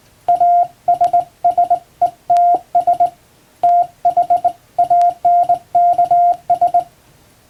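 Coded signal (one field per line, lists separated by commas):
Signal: Morse code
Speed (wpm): 21 wpm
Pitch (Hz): 700 Hz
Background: none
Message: ASSETS THANKS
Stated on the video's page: Plain-language English Morse practice sent by hand on a vertical straight key by a first-class radiotelegraph operator.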